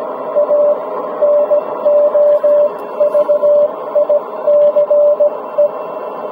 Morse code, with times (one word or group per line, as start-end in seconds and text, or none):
0.4-0.7 A
1.2-5.7 NOVICE